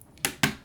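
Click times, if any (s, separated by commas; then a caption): 0.2 s, 0.4 s. A small Protozoa badge is pressed by hand into its recess on a keyboard case, giving two sharp, loud, short clicks at about 0.3 s and 0.4 s. The badge snaps in and is seated.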